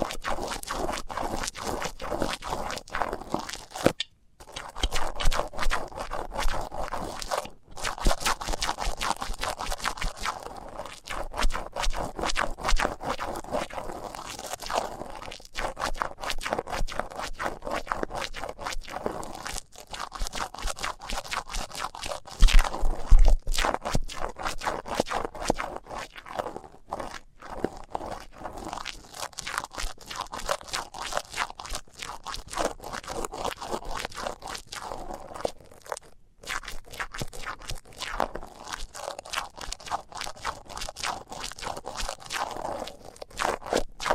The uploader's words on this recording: ASMR Sensitive Tingles with Mics Under Tape (No Talking).